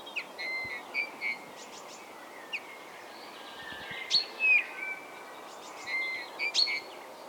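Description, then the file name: Eurasian bullfinch calls: short, clear whistled notes scattered throughout, among sharper chirps and ticks, over a steady background hiss. "Pyrrhula pyrrhula"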